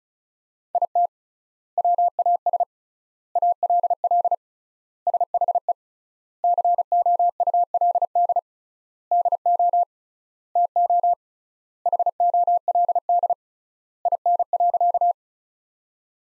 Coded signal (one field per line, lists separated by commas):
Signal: Morse code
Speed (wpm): 34 wpm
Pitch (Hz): 700 Hz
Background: none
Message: IT WAS ALL SHE COULD DO TO HOLD IN.